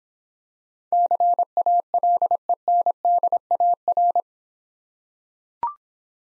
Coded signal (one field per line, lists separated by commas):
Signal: Morse code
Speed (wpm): 26 wpm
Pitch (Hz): 700 Hz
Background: none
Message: CALENDAR